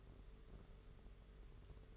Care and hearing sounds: daily activity, microphone in the room; take from stove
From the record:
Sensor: 4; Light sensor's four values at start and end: 21/75/27/29 and 21/75/27/29

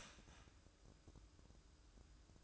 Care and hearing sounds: daily activity, microphone in the room; start toaster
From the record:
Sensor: 2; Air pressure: 1007.1 hPa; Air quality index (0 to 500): 38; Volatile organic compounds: 1 ppm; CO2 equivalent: 535 ppm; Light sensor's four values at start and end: 6/14/6/6 and 6/14/6/6

